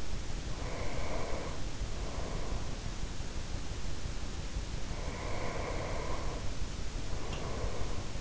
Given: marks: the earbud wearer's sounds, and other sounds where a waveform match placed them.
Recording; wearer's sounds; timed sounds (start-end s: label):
sounds in sleep by an in-ear microphone; breath
0.48-2.65 s: breath
4.57-8.21 s: breath